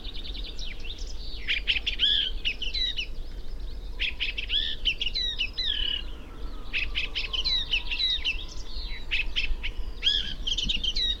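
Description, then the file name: Eurasian blackcap song in several chattering bursts of mixed buzzy and whistled notes separated by short gaps, with a soft background rumble. "Sylvia atricapilla"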